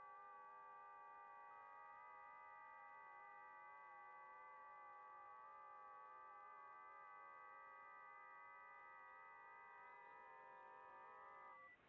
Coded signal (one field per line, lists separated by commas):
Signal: FT8